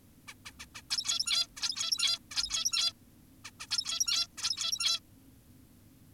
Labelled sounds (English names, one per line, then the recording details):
Zebra Finch
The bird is an adult
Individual g17y2U